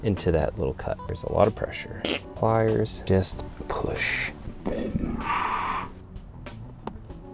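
A metal retainer clip is pushed with pliers into the small cut on a truck door lock cylinder under a lot of pressure while someone talks. The clip snaps on with a sharp click at 6.9 s, and the clip is seated.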